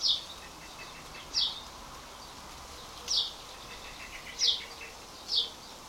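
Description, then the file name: House sparrow giving five sharp, high, downward-slurred chirps at irregular intervals, over a steady background hiss. "Passer domesticus"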